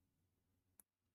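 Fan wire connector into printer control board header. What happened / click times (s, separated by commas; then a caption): The small connector clicked fully into its header / 0.8 s. A small plastic fan wire connector is pushed all the way into its header on a printer control board. A sharp, short click at 0.8 s over a quiet low hum confirms it is fully seated, with the click being the sign it is all the way in.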